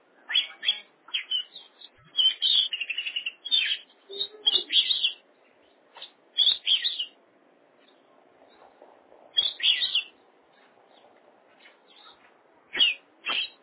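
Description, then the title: Oriental magpie-robin song in clustered bursts of bright whistles, quick trills and scratchy notes, broken by a few seconds of quieter pauses before resuming. "Kacer"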